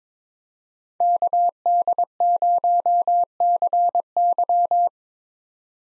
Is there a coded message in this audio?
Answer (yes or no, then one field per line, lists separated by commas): yes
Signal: Morse code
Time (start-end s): 1.0-4.9 s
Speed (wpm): 27 wpm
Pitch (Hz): 700 Hz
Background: none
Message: KD0CY